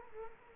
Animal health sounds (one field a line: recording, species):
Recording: mosquito wingbeat signal from an infrared sensor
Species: Culex quinquefasciatus